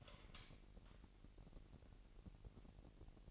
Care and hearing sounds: daily activity, microphone in the room; light on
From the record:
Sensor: 4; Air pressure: 1002.8 hPa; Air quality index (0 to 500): 249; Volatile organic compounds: 12 ppm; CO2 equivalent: 2350 ppm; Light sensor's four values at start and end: 7/15/6/6 and 7/16/6/7

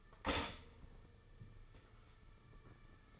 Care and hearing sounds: daily activity, microphone in the room; stop toaster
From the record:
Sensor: 4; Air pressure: 995.3 hPa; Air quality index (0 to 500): 214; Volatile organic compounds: 243 ppm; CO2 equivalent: 4343 ppm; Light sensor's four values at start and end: 22/68/26/26 and 23/70/26/27

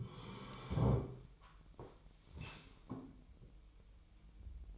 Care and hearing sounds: daily activity, microphone in the room; sit down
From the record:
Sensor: 1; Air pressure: 1002.0 hPa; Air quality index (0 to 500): 242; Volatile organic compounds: 105 ppm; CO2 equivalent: 3785 ppm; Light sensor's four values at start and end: 10/23/10/11 and 10/24/10/11

